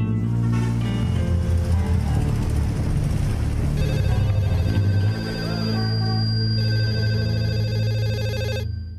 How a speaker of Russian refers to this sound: В 9:15 утра телефонная трель вырвала Антона Самарина из сна